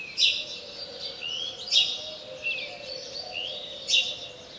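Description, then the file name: House sparrow chirping, three sharp bright notes roughly one and a half to two seconds apart, with thin rising notes between them and a faint drone. "Passer domesticus"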